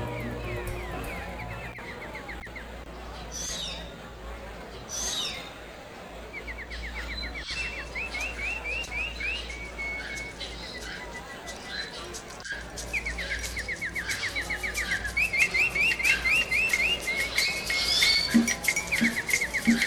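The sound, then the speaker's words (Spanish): Dense jungle ambience: layered bird calls with repeated rapid chirping trills and a few rising whistles over a steady low hum, the chorus growing louder and busier toward the end. “Bueno, parece que estamos en la selva.”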